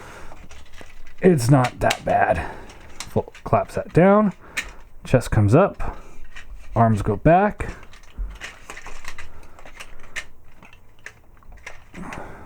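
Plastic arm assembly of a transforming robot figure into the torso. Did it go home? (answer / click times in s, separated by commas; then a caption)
yes / 11.1 s. Someone talks while converting a plastic Transformers Combiner Wars Ultra Magnus toy figure back to robot mode, swinging the arms back and pressing the plastic arm assembly into the torso. A sharp click at 11.1 s marks the arm assembly locking in, seated.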